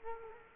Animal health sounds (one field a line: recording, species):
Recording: mosquito wingbeat signal from an infrared sensor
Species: Culex quinquefasciatus